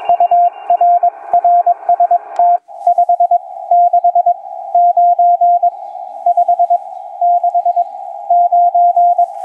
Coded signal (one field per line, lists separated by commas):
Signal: Morse code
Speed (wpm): 21 wpm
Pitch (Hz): 700 Hz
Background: music, radio noise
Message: UR RST 569 569